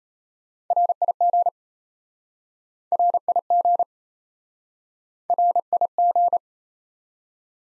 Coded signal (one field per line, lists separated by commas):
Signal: Morse code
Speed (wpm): 37 wpm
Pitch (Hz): 700 Hz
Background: none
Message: RIG RIG RIG